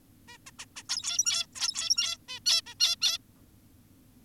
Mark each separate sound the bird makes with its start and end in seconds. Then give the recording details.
0.28-0.38, 0.47-0.51, 0.59-0.66, 0.76-0.83, 0.90-1.46, 1.56-2.18, 2.28-2.40, 2.46-2.62, 2.66-2.74, 2.80-2.96, 3.02-3.18. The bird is an adult. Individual g17y2U